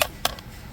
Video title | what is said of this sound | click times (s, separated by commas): Is Your Clockspring Failing? Here's What Happens | you hear how it's snapped | 0.2 s